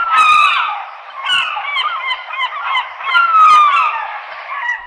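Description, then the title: Herring gulls calling in a chorus of loud, wavering, downward-sliding squeals and mewing cries that overlap continuously and swell and fade over five seconds. "Vogelder Woche 2011 03 07 Silbermoewe"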